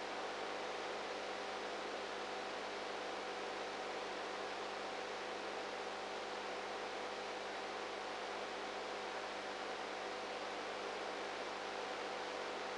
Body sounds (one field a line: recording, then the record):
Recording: brain microelectrode recording played as sound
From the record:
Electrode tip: inside the subthalamic nucleus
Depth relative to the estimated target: -1 mm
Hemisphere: right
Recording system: NeuroSet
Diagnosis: Parkinson's disease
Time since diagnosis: 19 years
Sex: female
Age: 58 years